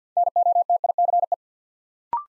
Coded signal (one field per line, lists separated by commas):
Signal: Morse code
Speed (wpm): 48 wpm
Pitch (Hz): 700 Hz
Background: none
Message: NOTICE